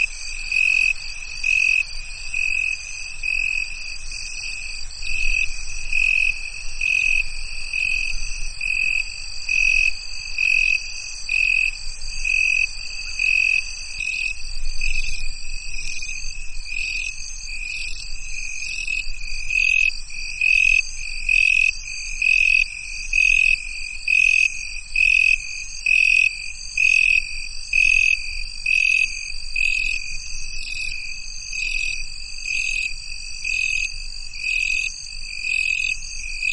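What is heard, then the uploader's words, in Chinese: Crickets chirp steadily, a bright, dense trilling that runs through the whole recording. After about twenty seconds the calls break into a clear regular pulse of rapid bursts. A faint low rumble and soft hiss sit underneath throughout. 蟋蟀 频率18次 大自然声音。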